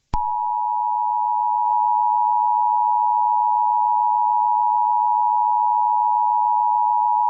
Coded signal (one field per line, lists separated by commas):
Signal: Emergency Alert System (SAME) tones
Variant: 853 and 960 Hz attention tone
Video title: Eas Scenario - Deedo Invasion 2